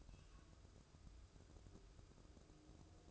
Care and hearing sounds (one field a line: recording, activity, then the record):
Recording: daily activity, microphone in the room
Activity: take from stove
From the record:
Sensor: 2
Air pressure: 995.3 hPa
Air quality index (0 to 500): 81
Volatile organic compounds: 3 ppm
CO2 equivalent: 1442 ppm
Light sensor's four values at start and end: 23/74/29/28 and 23/74/29/28